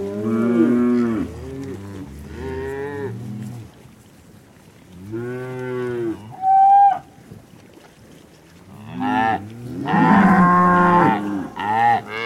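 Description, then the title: Cow mooing, deep drawn-out moos with a pause, a brief high squeaky call, then a loud rough bellow and more moos. Cow communication through mooing. "Eco-Moo-tion: The Ecological Soundscape of Cow Conversations"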